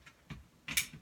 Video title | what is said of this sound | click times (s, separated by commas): Shortdini's Product Review Show- Amazon Tripod | this very easily locks into place | 0.8 s